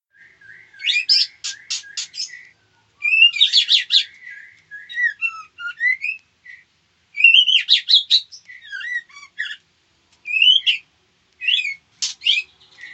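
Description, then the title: White-rumped shama in full song, alternating buzzy rattling bursts with clear rising and falling whistled phrases, separated by brief silences. Female. "Murai batu betina"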